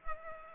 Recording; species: mosquito wingbeat signal from an infrared sensor; Culex pipiens